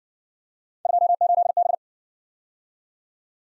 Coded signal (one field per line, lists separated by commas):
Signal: Morse code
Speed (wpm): 55 wpm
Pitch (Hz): 700 Hz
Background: none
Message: 28B